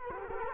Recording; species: mosquito wingbeat signal from an infrared sensor; Culex quinquefasciatus